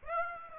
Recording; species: mosquito wingbeat signal from an infrared sensor; Aedes aegypti